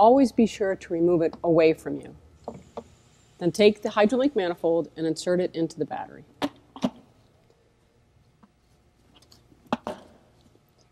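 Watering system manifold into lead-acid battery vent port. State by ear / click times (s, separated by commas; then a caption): seated / 9.7 s, 9.9 s. Someone talks, then a plastic HydroLink watering manifold is pushed into the vent port of a lead-acid golf cart battery. It gives a double click at 9.7 and 9.9 seconds, showing it is seated properly.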